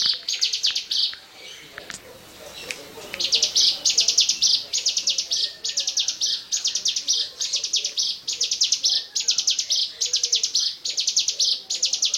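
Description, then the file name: Bar-winged prinia song of high pulsed buzzy phrases; a brief break with scratchy clicks early on, then the phrases resume in a steady rapid chain. "ciblekmonster"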